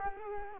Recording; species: mosquito wingbeat signal from an infrared sensor; Culex quinquefasciatus